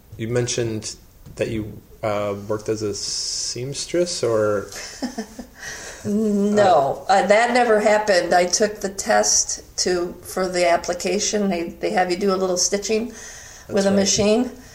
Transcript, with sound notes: You mentioned that you worked as a seamstress?
[laughter] No, that never happened. I took the test for the application and they have you do a little stitching with a machine.